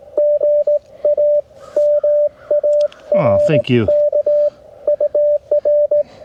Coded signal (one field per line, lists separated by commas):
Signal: Morse code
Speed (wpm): 20 wpm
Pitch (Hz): 590 Hz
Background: speech, radio noise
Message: GA MARK UR